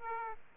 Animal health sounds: mosquito wingbeat signal from an infrared sensor; Aedes aegypti

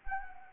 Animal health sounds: mosquito wingbeat signal from an infrared sensor; Anopheles gambiae

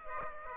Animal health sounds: mosquito wingbeat signal from an infrared sensor; Aedes aegypti

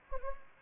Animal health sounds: mosquito wingbeat signal from an infrared sensor; Anopheles gambiae

